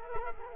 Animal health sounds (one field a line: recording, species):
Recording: mosquito wingbeat signal from an infrared sensor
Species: Culex quinquefasciatus